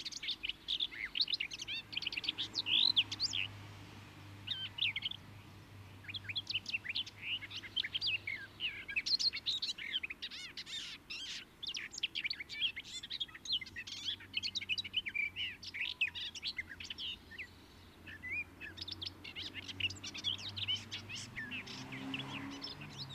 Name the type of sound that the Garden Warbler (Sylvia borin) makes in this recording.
song